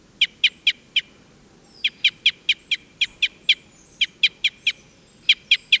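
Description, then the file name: Red crossbill giving loud clipped 'kip' calls in runs of three to eight, bursts separated by brief pauses, with faint thin high notes behind. Type N call type; excitement calls. "Red Crossbill Type N ECs"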